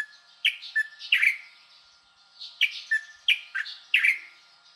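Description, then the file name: Styan's bulbul giving short, lively chirped phrases in two bursts separated by a brief pause. "烏頭翁"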